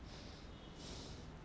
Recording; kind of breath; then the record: one breath in and out by a microphone near the nose and mouth; normal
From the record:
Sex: male